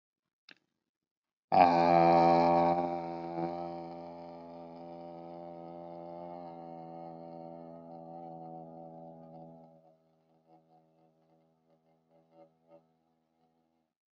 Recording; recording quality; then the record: sustained vowel as in made; excellent, no background noise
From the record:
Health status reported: healthy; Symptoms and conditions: none ticked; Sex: male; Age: 29 years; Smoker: not ticked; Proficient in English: yes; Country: India